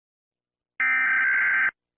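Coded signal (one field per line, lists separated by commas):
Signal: Emergency Alert System (SAME) tones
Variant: header bursts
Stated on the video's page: Fictional dark EAS scenario, full version.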